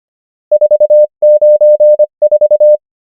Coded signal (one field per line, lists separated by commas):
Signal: Morse code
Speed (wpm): 25 wpm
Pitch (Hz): 600 Hz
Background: none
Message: 4 9 4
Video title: morse code practice | 25wpm | 23fw | numbers | ENGLISH